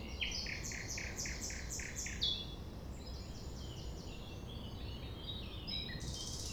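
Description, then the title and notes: Common nightingale song: series of evenly spaced loud repeated notes, a sharp high note, then a quicker softer series of repeated chirps, over low background rumble. Recorded at 6 a.m. at sunrise near the Thève river at Champ de Ménage; the nightingale sings without waiting for silence. "6 A.M. Lever du soleil non loin de la Thève au Champ de Ménage. Le rossignol n'attend pas le silence."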